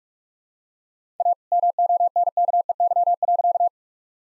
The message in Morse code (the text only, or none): A MONKEY.